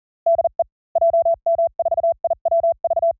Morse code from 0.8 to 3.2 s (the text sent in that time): JM4IWV